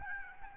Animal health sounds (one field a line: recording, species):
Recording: mosquito wingbeat signal from an infrared sensor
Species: Aedes albopictus